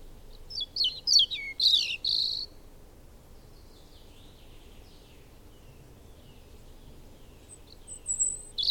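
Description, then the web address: Bird song: a high, jumbled twittering phrase with quick descending slurs, then faint, thin notes over a steady low rumble, and another brief burst at the end. "madarak enek"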